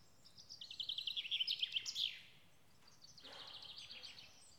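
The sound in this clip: Bird song: a fast high trill of chirping notes ending in a downward slur, followed by a softer, fainter chirping phrase.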